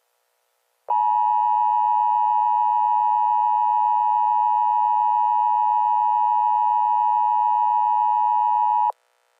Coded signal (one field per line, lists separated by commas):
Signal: Emergency Alert System (SAME) tones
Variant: 853 and 960 Hz attention tone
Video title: Eas scenario #2: Legendary and Unique Attacks! (Easter Special)